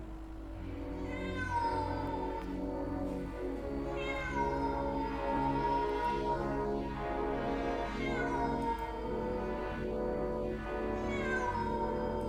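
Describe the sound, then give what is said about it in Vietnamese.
A cat upstairs wails mournfully in long, drawn-out cries that rise and fall in pitch, repeating several times over a steady low hum, loud and continuous with no talking. “Trong lòng bồn chồn lo lắng, con mèo ở trên tầng bỗng kêu lên thảm thiết.”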